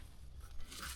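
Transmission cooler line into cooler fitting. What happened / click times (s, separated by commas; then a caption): Handled, not yet home: the cooler line has not clicked in / none. A transmission cooler line with its retaining clip is handled and positioned at the fitting of a PPE transmission cooler on a 2016 Chevy Silverado 2500 HD, making crunchy, scraping handling noises with a louder burst around 0.7 s. The line has not gone home yet; nothing has seated or clicked.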